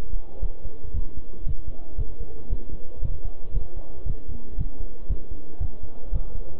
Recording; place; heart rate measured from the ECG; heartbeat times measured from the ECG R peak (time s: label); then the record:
heart sounds by stethoscope; between the tricuspid and mitral areas; 116 bpm
0.43 s: heartbeat
0.95 s: heartbeat
1.47 s: heartbeat
1.99 s: heartbeat
2.51 s: heartbeat
3.03 s: heartbeat
3.55 s: heartbeat
4.07 s: heartbeat
4.59 s: heartbeat
5.10 s: heartbeat
5.61 s: heartbeat
6.14 s: heartbeat
From the record:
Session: bicycle stress test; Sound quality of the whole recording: good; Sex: male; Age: 23 years